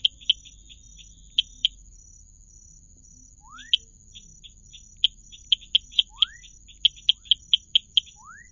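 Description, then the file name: Lagoa Santa treefrog producing bursts of quick, clicky high notes, with a few upward-sliding whistles in between and a thin steady high tone behind. "Dendropsophus rubicundulus"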